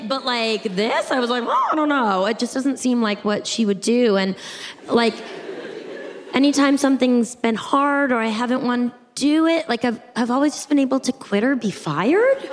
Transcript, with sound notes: But, like, this? I was like, oh, I don't know. It just doesn't seem like what she would do. And, like...
(LAUGHTER)
Anytime something's been hard or I haven't wanted to do it, like, I've always just been able to quit or be fired.